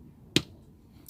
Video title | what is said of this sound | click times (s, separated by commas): HOW TO: Changing your back up lights (or rear turn signals) on the Subaru Ascent | gonna hear it the center pin pop into place like that and that's how you know it's secured | 0.4 s